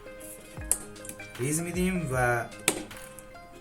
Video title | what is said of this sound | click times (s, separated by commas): سیستم خریدم + آنباکس قطعات و اسمبل - سیستم گیمینگ زیر 25 میلیون 🤑 | تو ویدیو گفته بود یه طرفشو فشار بدیم ولی من دو طرف فشار دادم و جا افتاد | 0.7 s